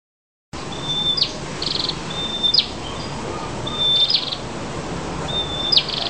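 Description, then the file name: Tailorbird song: thin high whistles ending in a sharp downward flick, repeated about every one and a half seconds, some followed by a short buzzy burst, over steady background hiss. Two birds. "2-ekor-prenjak-kepala-merah-omkicau"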